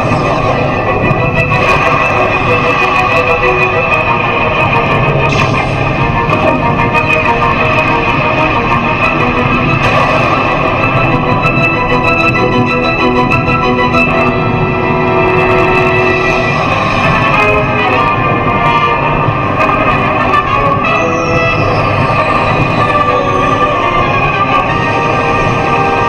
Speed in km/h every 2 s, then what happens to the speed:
112, 112, 112, 113, 113, 113, 113, 112, 112, 112, 112, 111, 111.
0-26 steady at about 112.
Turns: none.